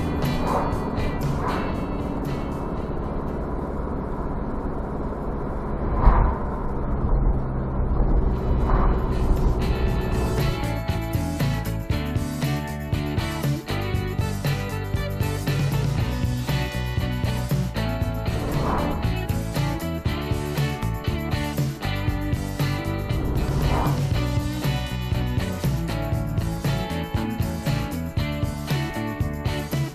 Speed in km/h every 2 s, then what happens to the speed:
52, 52, 52, 49, 46, 44, 45, 46, 49, 52, 53, 48, 43, 37, 36.
0-5 steady at about 52. 5-10 slows to 44. 10-20 speeds up to 53. 20-26 slows to 37.